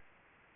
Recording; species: mosquito wingbeat signal from an infrared sensor; Anopheles gambiae